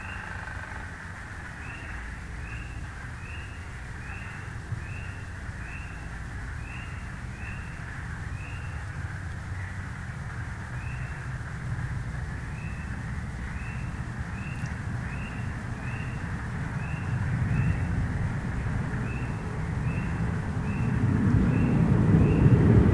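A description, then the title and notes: Frogs in Beverly Swamp give high, short peeps at a steady, quick pace while a low rumble like a passing vehicle swells toward the end. This morning we'll be taking a walk through the Beverly Swamp, listening for spring arrivals, and emerged frog species.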